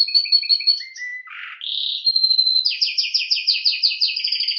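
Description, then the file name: Canary song: fine high trill, a short low whistle and noisy burst, a pure tone, then rhythmic repeated sweeping notes. "Canary Voice"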